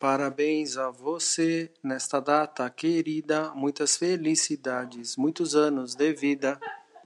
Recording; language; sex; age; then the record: short text; Brazilian Portuguese; male; 40 to 49 years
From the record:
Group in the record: control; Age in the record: 48 years